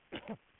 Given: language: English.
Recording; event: throat vibration sensor signal played as sound; cough